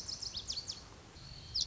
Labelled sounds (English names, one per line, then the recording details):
Lazuli Bunting
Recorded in Sonoma County, California